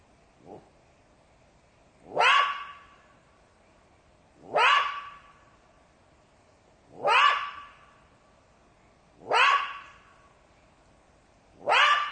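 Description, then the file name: Jackal calling in a steady series of harsh, yelping barks, each trailing into a brief ringing tone, repeated about every two and a half seconds. "zvuki shakala"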